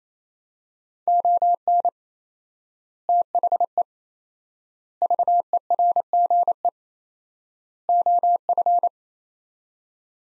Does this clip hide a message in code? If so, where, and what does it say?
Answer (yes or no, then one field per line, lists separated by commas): yes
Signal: Morse code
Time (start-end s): 1.1-8.9 s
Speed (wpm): 28 wpm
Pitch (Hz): 700 Hz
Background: none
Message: ON THE VERGE OF